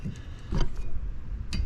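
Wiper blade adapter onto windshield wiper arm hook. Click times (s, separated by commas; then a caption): 1.5 s. A new windshield wiper blade's plastic adapter is hooked onto the J-hook wiper arm of a 2006-2014 Honda Civic and pushed until it latches, with soft handling noises around 0.6 s. A short, sharp click at 1.5 s marks the blade seating on the arm hook, after which it is checked by rocking it back and forth.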